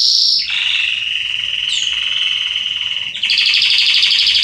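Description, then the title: Belgian canary singing a long, steady rolling trill that jumps to a higher, pulsed trill near the end. Male Belgian canary singing a lot, used to warm up and train young canaries. "Canary Training Esquente Seu Filhote E Canario Belga Em 30 Minutos Macho Cantando Muito. CANTO DO CANRIO"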